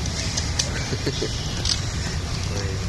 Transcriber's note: Prabhupāda laughs